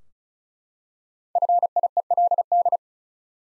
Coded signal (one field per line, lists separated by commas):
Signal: Morse code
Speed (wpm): 34 wpm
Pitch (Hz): 700 Hz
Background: none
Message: FIELD